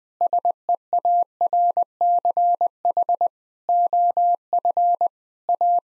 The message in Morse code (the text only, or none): SEARCH OF A